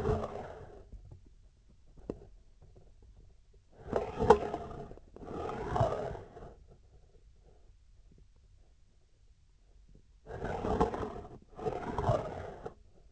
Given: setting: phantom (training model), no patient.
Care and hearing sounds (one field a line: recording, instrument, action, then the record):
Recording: laparoscopic instrument, vibration sensor on the handle end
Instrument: scissors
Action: approaching and retracting movements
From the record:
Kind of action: spatial motion